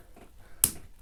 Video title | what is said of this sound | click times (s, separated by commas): How to Replace Smoke Detector Alarm [Complete Guide] | and you'll hear it click and snap in | 0.6 s